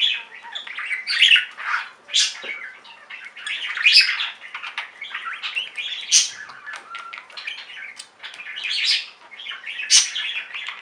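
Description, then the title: Budgerigar chatter, a steady stream of quick chirps, clicks and warbled notes with some louder sharp squeaks. "Budgie Sounds"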